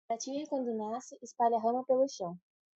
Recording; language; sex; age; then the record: short text; Brazilian Portuguese; female; 20 to 29 years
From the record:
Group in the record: control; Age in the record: 22 years